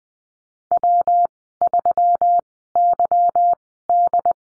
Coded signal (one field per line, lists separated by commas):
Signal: Morse code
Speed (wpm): 20 wpm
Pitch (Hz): 700 Hz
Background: none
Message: W3YD